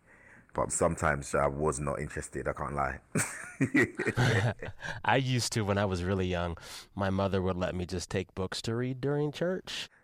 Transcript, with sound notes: but sometimes I was not interested. I can't lie.
(LAUGHTER)
I used to - when I was really young, my mother would let me just take books to read during church.